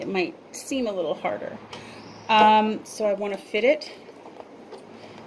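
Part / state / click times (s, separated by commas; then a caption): side panel tab into plastic shoe storage box frame / seated / 4.4 s. A side panel of a folding clear plastic shoe storage box is pushed into the box frame while someone talks. A short, sharp click at 4.4 s marks the panel's tabs snapping into place, and the panel is seated.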